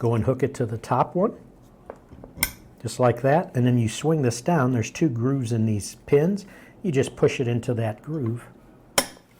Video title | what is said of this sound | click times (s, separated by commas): etrailer - Review of the Curt Deep Drop Adjustable 2-Ball Mount | and you hear a clip and now it's locked into place and it puts tension on both of them to eliminate any rattling | 9.0 s